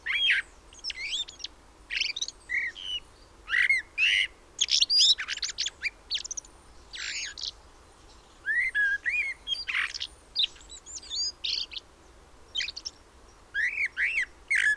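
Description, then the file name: Common blackbird uttering a long, busy series of whistled slurs, squeaks and high scratchy twitters, in bursts separated by short gaps. "Turdus merula"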